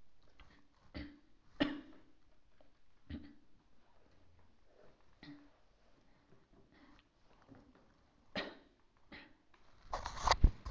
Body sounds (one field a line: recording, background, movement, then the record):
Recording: throat clearing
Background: quiet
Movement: sitting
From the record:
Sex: female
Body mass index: 25.5 kg/m2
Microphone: on the chest, facing outward